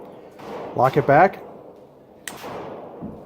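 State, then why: Seated. Someone talks, then at 2.3 s the takedown lock of a Remington RP9 pistol, turned back into the pistol frame after the slide is refitted, snaps into place with a single sharp click. A faint tail follows, and the lock is seated.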